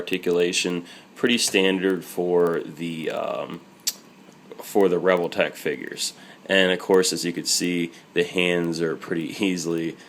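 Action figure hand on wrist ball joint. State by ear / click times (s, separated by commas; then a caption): released / 3.9 s. A removable hand on a plastic Revoltech action figure is pulled off its wrist ball joint while someone talks. A short sharp pop is heard at 3.9 s as the hand comes free, and the hand is released.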